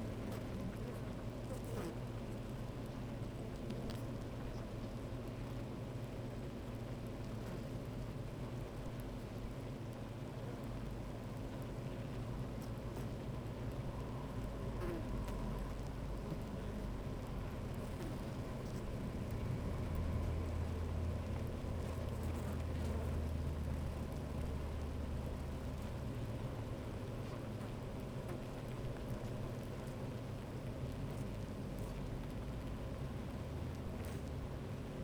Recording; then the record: honeybee colony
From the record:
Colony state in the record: active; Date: 28 July 2017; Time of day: 12:29